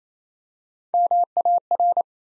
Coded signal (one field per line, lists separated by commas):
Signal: Morse code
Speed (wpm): 29 wpm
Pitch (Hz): 700 Hz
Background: none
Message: MAR